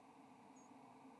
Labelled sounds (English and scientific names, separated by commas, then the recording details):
White-throated Sparrow (Zonotrichia albicollis) flight call
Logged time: 05:18 on 7 November 2014